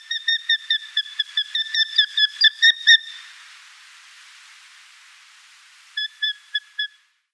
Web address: Schulze Peter Hobby nestling